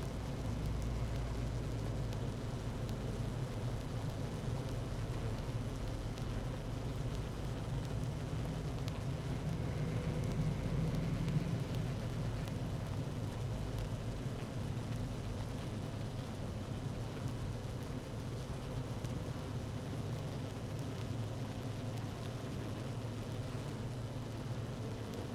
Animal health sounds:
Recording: honeybee colony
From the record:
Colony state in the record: active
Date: 12 June 2018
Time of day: 15:27

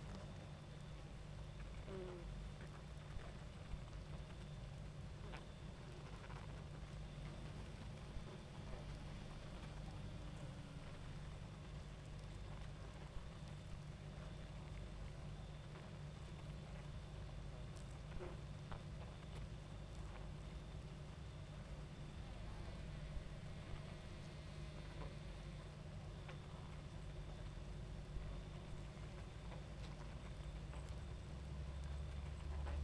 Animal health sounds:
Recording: honeybee colony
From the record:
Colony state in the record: active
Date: 28 July 2017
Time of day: 22:01

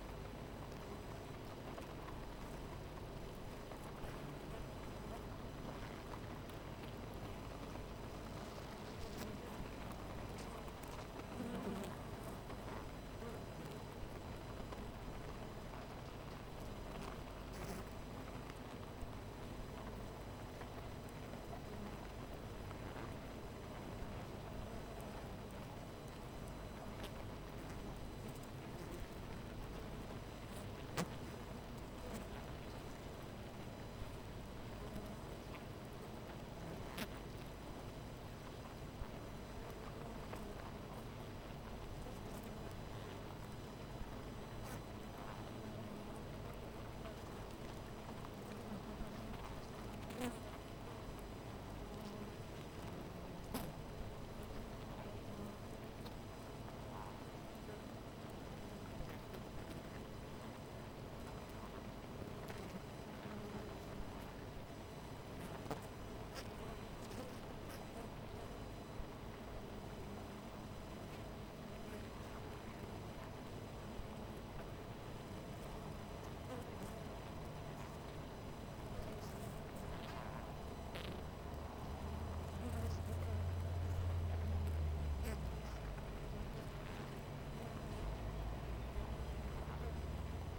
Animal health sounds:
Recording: honeybee colony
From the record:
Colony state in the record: missing queen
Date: 14 July 2017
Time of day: 13:11

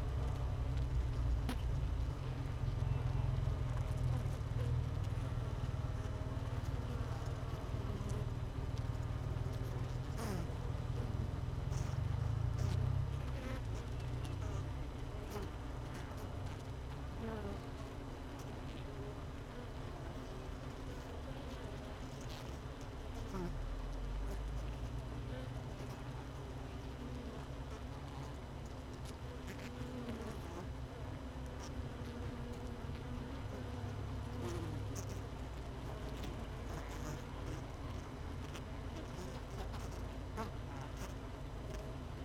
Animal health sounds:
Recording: honeybee colony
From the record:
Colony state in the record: missing queen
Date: 31 May 2018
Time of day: 17:24

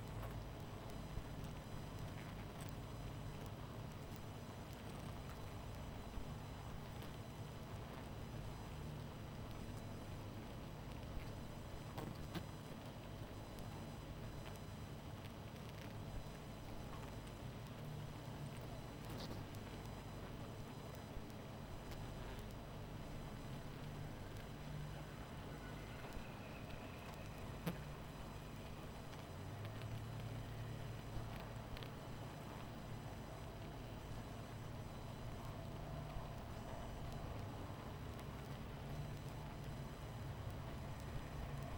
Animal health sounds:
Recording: honeybee colony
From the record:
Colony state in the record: missing queen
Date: 14 July 2017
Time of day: 22:21

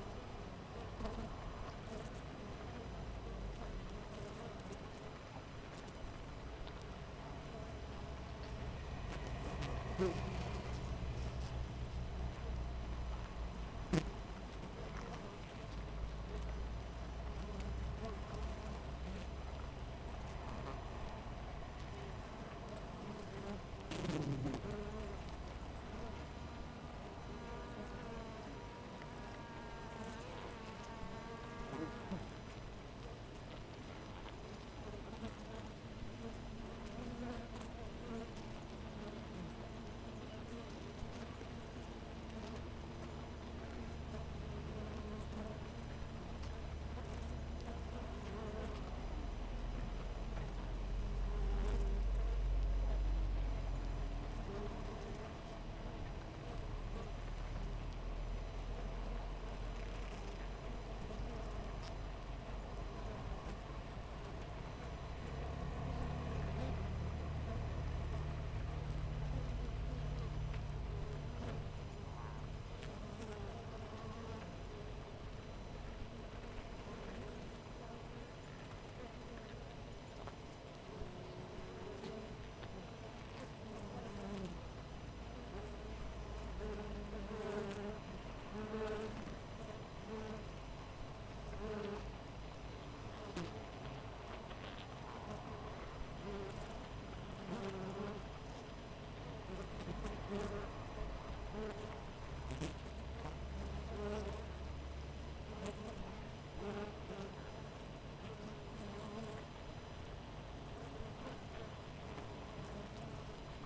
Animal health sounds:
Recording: honeybee colony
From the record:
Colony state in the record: missing queen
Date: 14 July 2017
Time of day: 6:10

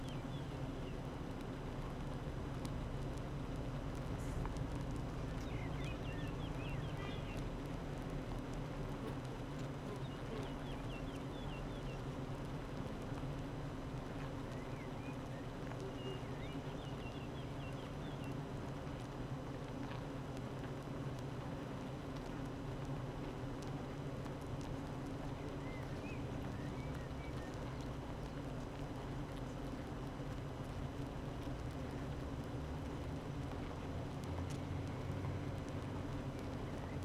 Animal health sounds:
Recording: honeybee colony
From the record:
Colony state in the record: active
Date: 12 June 2018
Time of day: 8:50

